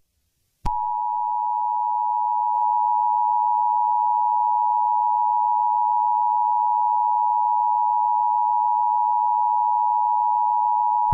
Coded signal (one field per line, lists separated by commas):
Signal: Emergency Alert System (SAME) tones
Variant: 853 and 960 Hz attention tone